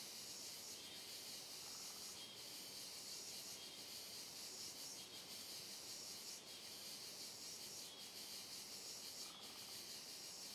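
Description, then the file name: Cicada chorus, a shrill continuous buzz pulsing in repeated short surges, with faint softer calls underneath. Chorus of cicadas on a trail in dense, closed forest, with reverberating sound. "Coro de Cigarras em Trilha de Mata Fechada Reverberando"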